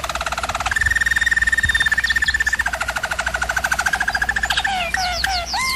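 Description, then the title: German Roller canary song: steady rapid trill changing pitch in steps, ending with quick slurred whistled notes. Singing used for canary training. "German Roller Canary Singing - Canary Training Vid"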